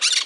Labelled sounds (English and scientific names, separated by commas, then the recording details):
Brown-throated Parakeet (Eupsittula pertinax) contact call
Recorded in Margarita
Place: San Francisco, near stadium
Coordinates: 11.018, -64.294